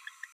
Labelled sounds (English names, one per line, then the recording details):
Green-rumped Parrotlet babbling
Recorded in a nest box in Venezuela
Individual 18B12A2